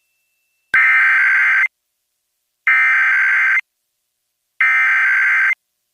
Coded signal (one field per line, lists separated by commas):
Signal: Emergency Alert System (SAME) tones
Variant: header bursts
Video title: Washington D.C. Required Monthly Test on multiple stations (EAS #1172-1179)